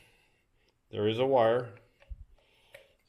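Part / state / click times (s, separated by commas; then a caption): plastic antenna piece going back into a radio controller / seated / 2.8 s. Someone talks while pushing a popped-out plastic antenna section, with a wire inside, back into an Eachine EX4 radio controller. Soft handling taps follow, and it snaps into place with a click at 2.8 s, seating firmly.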